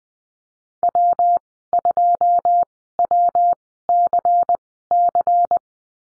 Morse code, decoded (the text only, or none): W2WCC